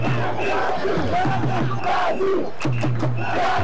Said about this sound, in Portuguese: É isso aí, a torcida do Brasil timidamente volta a gritar: Brasil, Brasil, Brasil.